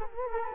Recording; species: mosquito wingbeat signal from an infrared sensor; Culex quinquefasciatus